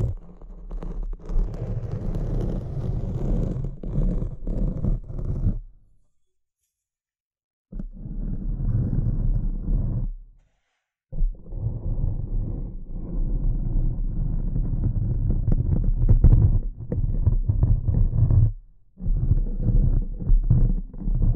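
Dense, rough scratching and tapping, mostly low and muffled, with a busy run of small taps through each stretch. The sound stops completely around six to eight seconds, briefly near ten seconds, and again just before nineteen seconds, then resumes.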